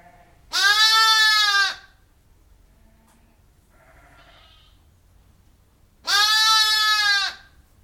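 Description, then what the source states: Sheep bleats twice, each long and even, several seconds apart, with faint bird sounds in between. A ewe outside gives occasional replies, recorded from inside a barn with some birds in the background.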